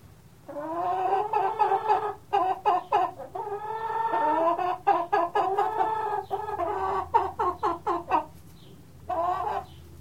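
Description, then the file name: Chicken clucking almost continuously, rapid harsh clucks blending into longer cackling notes, a brief pause near the end before another burst, with a steady low hum beneath. "Sound Ideas 2000 Series. Chicken Cluck"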